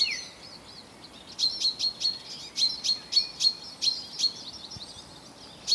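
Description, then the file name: Common chaffinch calls: sharp, bright, clipped notes repeated about three times a second in a steady run. "Fringilla coelebs"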